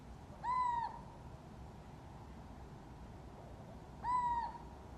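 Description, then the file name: Little owl calling twice, about three and a half seconds apart, each note a clear hoot of roughly half a second, against steady low noise. "athene noctua"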